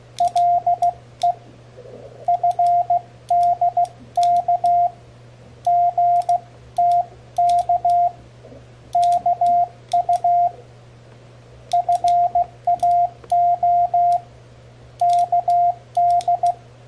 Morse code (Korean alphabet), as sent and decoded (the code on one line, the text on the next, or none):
.-.. . / ..-. -.. -.- / --. - -.- / -.- ..- / ..-. .- --- / -.- -..
가 능 성 이 높 으